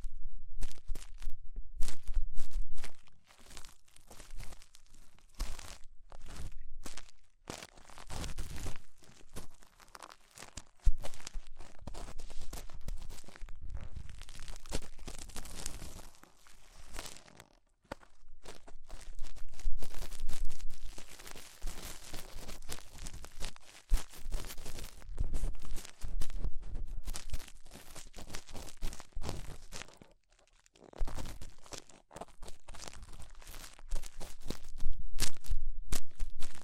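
Ear cleaning with rhinestone and clay removal: dense, crackly crunching and crinkling fills most of the 37 seconds, with rough tearing scrapes. The bursts swell and ease irregularly, dropping to brief near-silences around 9, 17, 24 and 30 seconds.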